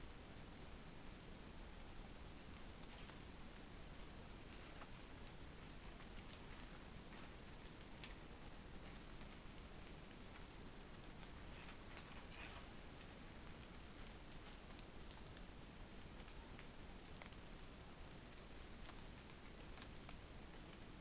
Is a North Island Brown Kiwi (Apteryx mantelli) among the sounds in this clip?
no